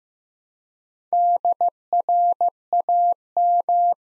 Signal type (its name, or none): Morse code